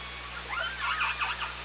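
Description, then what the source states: Orca calls, a short cluster of buzzy, harmonic-rich cries rising and falling in quick succession, with background hiss and low hum. Hydrophone at OrcaLab, 24 August 2017, 18:03.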